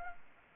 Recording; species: mosquito wingbeat signal from an infrared sensor; Anopheles gambiae